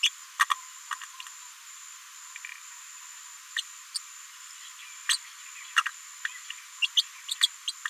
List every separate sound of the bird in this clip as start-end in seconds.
0.02-0.10, 0.39-0.45, 0.50-0.54, 0.91-0.94, 3.56-3.62, 3.94-3.99, 5.08-5.18, 5.76-5.83, 5.85-5.88, 6.82-6.88, 6.96-7.02, 7.28-7.35, 7.41-7.48, 7.67-7.72